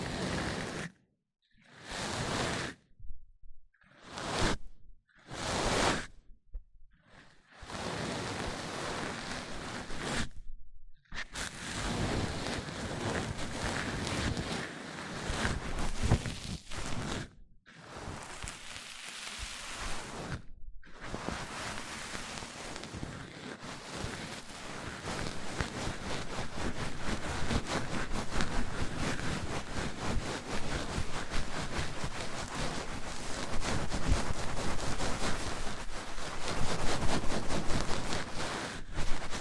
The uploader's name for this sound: MIC ON MIC Triggers Richer Sounds